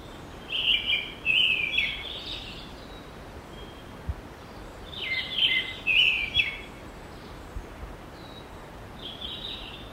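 Bird singing rich, warbling phrases in bursts roughly every four seconds, with a few faint clicks and a soft background hiss.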